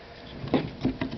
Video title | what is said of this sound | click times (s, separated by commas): Armscor 14Y Recommendation and Disassembly and Reassembly.AVI | You heard it actually clicked in there pretty good solidly. | 0.5 s, 1.0 s